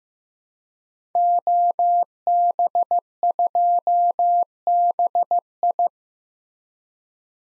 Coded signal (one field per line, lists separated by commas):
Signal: Morse code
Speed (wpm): 15 wpm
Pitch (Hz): 700 Hz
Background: none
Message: OB2BI